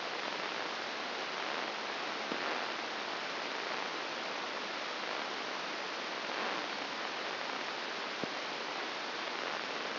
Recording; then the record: brain microelectrode recording played as sound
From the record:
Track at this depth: inside the subthalamic nucleus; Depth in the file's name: 3.702 mm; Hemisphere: left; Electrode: 2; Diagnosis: Parkinson's disease